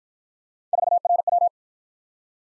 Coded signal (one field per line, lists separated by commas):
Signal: Morse code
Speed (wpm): 47 wpm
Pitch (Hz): 700 Hz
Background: none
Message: 4RW